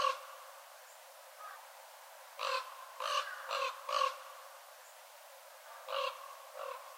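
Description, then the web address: Northern raven calling: a faint short note, then four rasping caws in quick succession, followed by two more hoarse calls. "watarigarasu"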